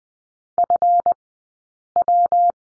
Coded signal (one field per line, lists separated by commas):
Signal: Morse code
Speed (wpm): 20 wpm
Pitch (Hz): 700 Hz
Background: none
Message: FW